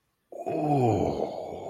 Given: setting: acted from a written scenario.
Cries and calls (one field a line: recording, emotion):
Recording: vocal sound without words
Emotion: ecstasy